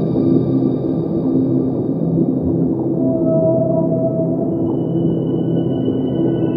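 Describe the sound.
Whale song with long, steady tonal moans and a brief higher wavering note midway, layered over a dense, continuous low rumble.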